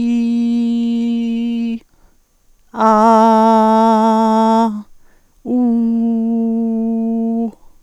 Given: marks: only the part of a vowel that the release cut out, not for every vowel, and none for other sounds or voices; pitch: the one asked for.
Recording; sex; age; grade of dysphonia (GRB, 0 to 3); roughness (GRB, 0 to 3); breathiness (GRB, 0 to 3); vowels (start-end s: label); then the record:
sustained vowels; female; 50 to 59 years; 0; 0; 0
0.00-1.65 s: vowel /i/, normal pitch
2.90-4.59 s: vowel /a/, normal pitch
5.59-7.38 s: vowel /u/, normal pitch
From the record:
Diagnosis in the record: hyperfunctional dysphonia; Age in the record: 59 years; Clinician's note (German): Leichte Form (Carcinophobie)